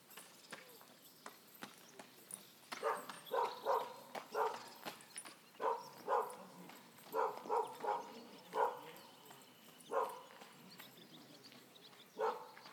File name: Dog Barking In Forest When Jogger Passend By